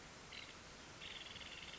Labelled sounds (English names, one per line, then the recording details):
Nuttall's Woodpecker
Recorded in Sonoma County, California